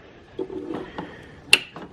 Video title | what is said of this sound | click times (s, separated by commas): BEAMS swapping my AE86. (How to) | you can see clicks right in this has only got this little this little guy on here because it was used for it | 1.5 s